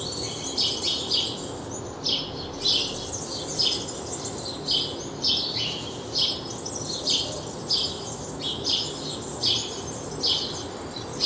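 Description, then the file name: House sparrow chirping, clusters of harsh bright notes in irregular bursts over a constant low rumble. "Passer domesticus"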